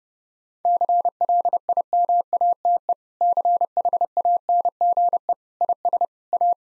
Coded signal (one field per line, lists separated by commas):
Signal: Morse code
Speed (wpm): 30 wpm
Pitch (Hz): 700 Hz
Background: none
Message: CLIMATE CHANGE IS A